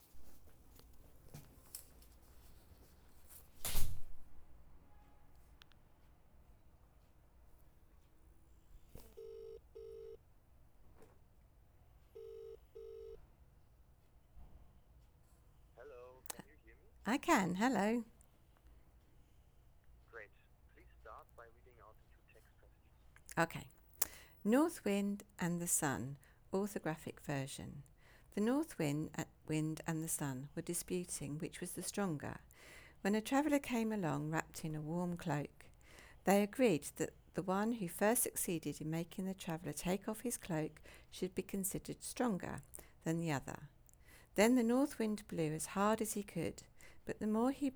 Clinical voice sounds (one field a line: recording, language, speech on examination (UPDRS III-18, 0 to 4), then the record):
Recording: text read into a phone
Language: English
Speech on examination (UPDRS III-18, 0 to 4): 0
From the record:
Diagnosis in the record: healthy control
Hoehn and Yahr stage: 0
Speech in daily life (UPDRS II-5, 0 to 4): 0